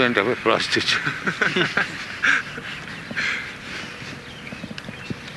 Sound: laughs

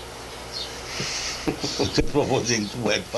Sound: laughter

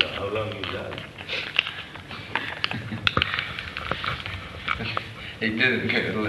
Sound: laughs

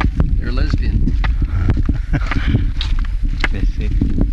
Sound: laughs

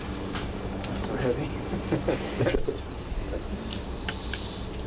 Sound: laughs

